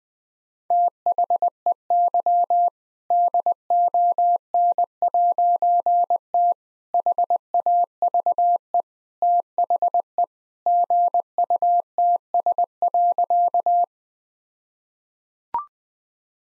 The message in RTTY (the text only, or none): none